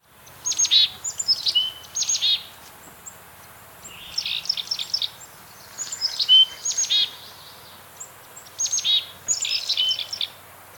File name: Poecile atricapillus - Black-capped Chickadee